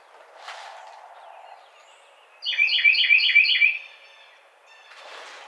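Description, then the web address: Carolina wren singing one rapid bout of five ringing, rolling phrases, with faint rustling noise before and after. Recorded 30 April 2009. "Carolina Wren 2009 04 30"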